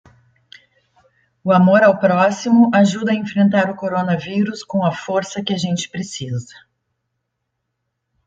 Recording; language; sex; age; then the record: spoken sentence; Brazilian Portuguese; female; 50 to 59 years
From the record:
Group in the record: control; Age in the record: 59 years